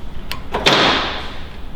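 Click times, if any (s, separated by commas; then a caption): 0.3 s. The mechanical safety lock pawl on a mobile column vehicle lift is released so the carriage can go down or up. A sharp metallic clack at 0.3 s marks the lock releasing, followed by a second softer knock around 0.6 s and a sustained hissing, whooshing noise that fades over the next second.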